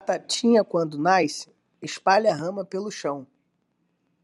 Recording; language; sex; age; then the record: short text; Brazilian Portuguese; male; 20 to 29 years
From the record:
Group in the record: control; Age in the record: 25 years